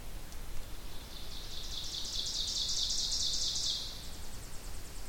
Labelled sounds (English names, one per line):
Ovenbird song